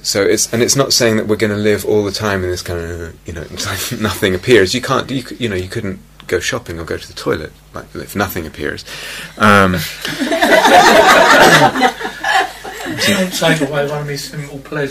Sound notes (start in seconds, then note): 4.7 laughs; 10.0 laughter